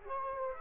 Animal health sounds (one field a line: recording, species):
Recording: mosquito wingbeat signal from an infrared sensor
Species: Culex quinquefasciatus